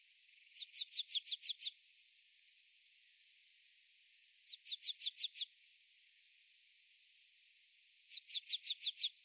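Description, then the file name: Marsh tit repeating short bursts of six or seven high, downward-sweeping notes, three bursts spaced about four seconds apart. "Poecile palustris"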